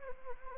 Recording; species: mosquito wingbeat signal from an infrared sensor; Anopheles arabiensis